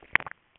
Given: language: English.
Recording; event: throat vibration sensor signal played as sound; swallow